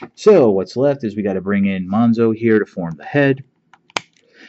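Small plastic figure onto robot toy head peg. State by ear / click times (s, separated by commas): seated / 4.0 s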